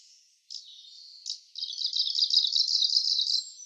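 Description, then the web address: Kamchatka leaf warbler song: two short introductory notes, then a long, rapid, evenly repeated high trill that ends in a thin whistle. "komebosomusikui"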